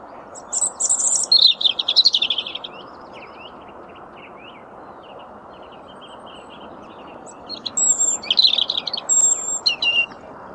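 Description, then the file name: European robin delivering a cascading high warble, a pause with faint soft notes, then another glittering phrase, all over steady low noise. "Erithacus rubecula"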